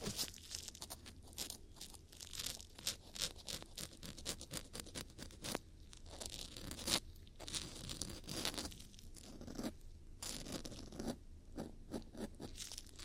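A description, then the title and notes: Ear cleaning sounds: dense, crackly scraping and rustling in quick irregular bursts, bright and crunchy, with a few louder scratches around seven and ten seconds. ASMR Ear Cleaning For Deep Relaxation & Tingles [ NO TALKING ].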